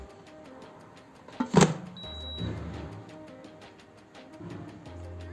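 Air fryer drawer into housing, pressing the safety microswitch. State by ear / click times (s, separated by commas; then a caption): seated / 1.6 s. After its plastic tab was reshaped, an Arçelik air fryer drawer/basket is pushed home into its plastic housing, pressing the safety microswitch. Over music, a sharp short hit at 1.6 s marks the drawer seating. The switch engages and the machine starts working.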